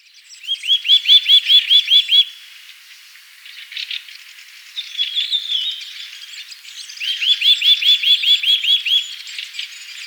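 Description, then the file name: Eurasian nuthatch giving two fast runs of clear piping notes, with softer sounds between them. "Sitta europaea"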